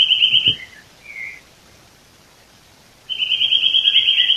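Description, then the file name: Eurasian nuthatch: a fast ringing trill, a brief whistled note and a low thump, then after a pause another long, rapid trill. "Sitta europaea"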